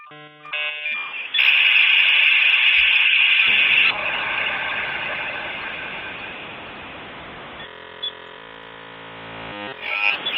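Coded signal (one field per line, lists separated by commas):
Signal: dial-up modem handshake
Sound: short tones, then loud wide hissing roar, shifting to buzzy multi-tone warble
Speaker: I don't need the dial part. This part here. It's going on a little longer than I planned.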